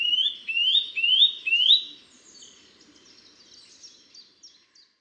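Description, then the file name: Eurasian nuthatch giving a series of four clear rising whistles in quick succession, then softer high chirping notes trailing off. "Sitta europaea"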